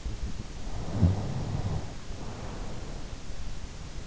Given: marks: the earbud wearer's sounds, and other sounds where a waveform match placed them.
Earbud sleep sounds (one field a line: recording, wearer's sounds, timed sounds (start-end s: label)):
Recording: sounds in sleep by an in-ear microphone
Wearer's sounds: snoring breath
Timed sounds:
0.56-3.00 s: snoring breath